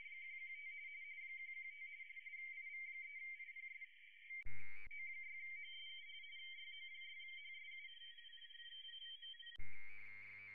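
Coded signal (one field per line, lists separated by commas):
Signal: RTTY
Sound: several warbling two-tone teletype signals chattering together, interrupted twice by brief loud thumps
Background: radio static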